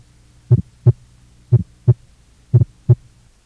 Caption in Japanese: 肺動脈性の駆出音は肺動脈弁狭窄のほとんどに聞かれ、一次性二次性肺高血圧でも聞かれることがよくあります。 心房中隔欠損や即発性肺動脈拡張症でも時に聞かれます。